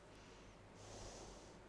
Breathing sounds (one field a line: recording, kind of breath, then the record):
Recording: one breath in and out by a microphone near the nose and mouth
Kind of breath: normal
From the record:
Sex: female